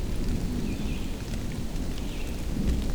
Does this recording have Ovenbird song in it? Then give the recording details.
no. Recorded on 24 June 2016 at 07:45. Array SBT-6-76